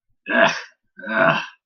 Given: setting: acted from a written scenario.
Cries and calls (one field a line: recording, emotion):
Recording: vocal sound without words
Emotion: disgust